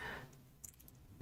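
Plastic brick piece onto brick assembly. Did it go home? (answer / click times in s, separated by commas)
no / none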